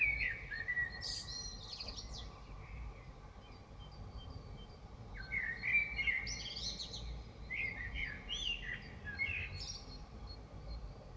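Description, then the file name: Common blackbird song, several fluty warbled phrases each trailing into thin high twittering notes. Recorded in Dresden. "DRESDE Merle"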